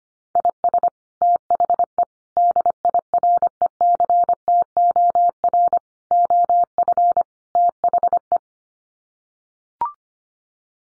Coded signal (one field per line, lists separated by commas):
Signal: Morse code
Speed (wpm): 25 wpm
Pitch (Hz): 700 Hz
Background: none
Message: IS THE DIRECTOR OF THE